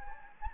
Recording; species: mosquito wingbeat signal from an infrared sensor; Anopheles gambiae